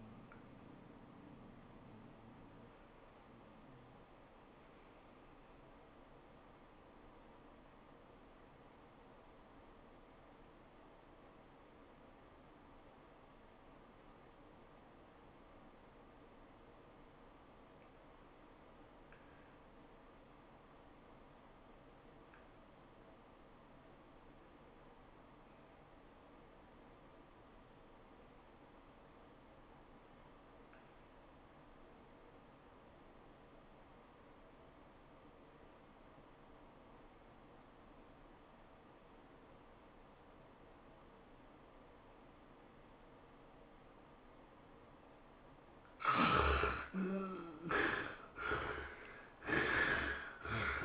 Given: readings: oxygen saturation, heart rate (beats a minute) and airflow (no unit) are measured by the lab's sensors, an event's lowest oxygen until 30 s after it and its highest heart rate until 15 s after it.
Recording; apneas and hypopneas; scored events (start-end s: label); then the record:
breathing in sleep by a voice recorder at the bedside; 1
10.00-46.00 s: obstructive apnea (REM, oxygen 95% highest, then 53% lowest, heart rate 92 at the start, 114 highest)
From the record:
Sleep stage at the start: REM sleep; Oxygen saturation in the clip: 59 to 95%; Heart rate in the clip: 65 to 104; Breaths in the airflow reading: 5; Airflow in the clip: -15.3 to 12.8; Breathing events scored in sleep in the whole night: 403 in 5.5 hours asleep